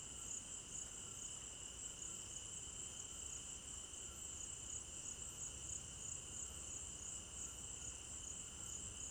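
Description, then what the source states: Crickets trill without pause, a piercing high band over a lower sustained note, with a little low rumble beneath. At night in an African village garden; stereo binaural recording.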